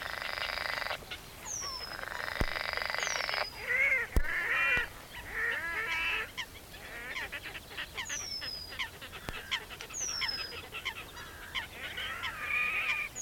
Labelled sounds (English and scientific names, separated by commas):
Red-necked Grebe (Podiceps grisegena) call